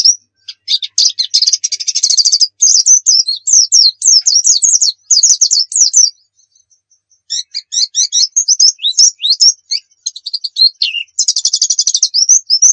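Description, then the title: White-eye song: long, energetic, high-pitched chattering of quick chirps and trills, briefly interrupted by a pause before resuming with rapid warbling phrases. Muria-type white-eye in vigorous 'gacor' song, used to train other birds to sing. "Pleci Muria Gacor"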